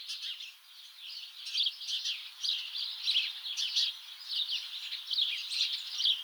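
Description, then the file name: House sparrows chirping, loose clusters of high chirps in uneven bursts. "Passer domesticus"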